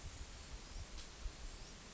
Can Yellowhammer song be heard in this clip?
no